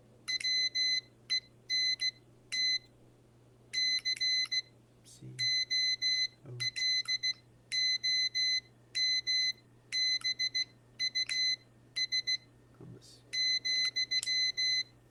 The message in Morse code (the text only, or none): WENT COLOMBUS,